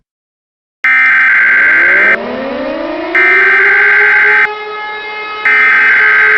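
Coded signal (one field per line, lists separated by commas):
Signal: Emergency Alert System (SAME) tones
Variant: header bursts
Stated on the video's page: Fictional EAS scenario made with Clipchamp using Wikimedia Commons sound effects.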